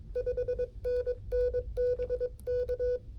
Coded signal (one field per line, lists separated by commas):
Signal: Morse code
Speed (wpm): 22 wpm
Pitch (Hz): 490 Hz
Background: music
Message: 5NN BK